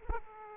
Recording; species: mosquito wingbeat signal from an infrared sensor; Aedes aegypti